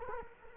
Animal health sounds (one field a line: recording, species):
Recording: mosquito wingbeat signal from an infrared sensor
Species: Culex quinquefasciatus